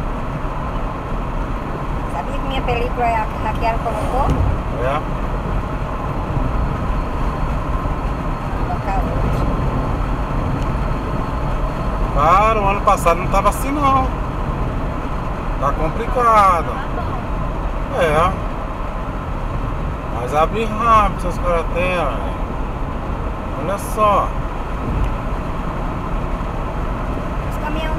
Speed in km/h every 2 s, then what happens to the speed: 80, 82, 82, 83, 84, 83, 83, 82, 81, 77, 76, 75, 81, 83.
0-9 steady at about 82. 9-21 slows to 75. 21-25 speeds up to 83.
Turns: none.